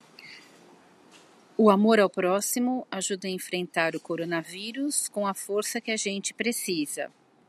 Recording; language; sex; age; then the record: spoken sentence; Brazilian Portuguese; female; 50 to 59 years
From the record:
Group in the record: control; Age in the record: 54 years